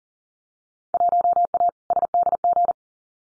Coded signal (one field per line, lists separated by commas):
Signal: Morse code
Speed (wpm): 40 wpm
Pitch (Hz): 700 Hz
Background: none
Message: 1A SDG